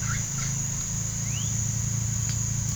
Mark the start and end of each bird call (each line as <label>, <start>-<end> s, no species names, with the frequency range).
bird call (0.9-3.3 kHz), 0.00-0.63 s
bird call (1.6-4.3 kHz), 1.14-1.57 s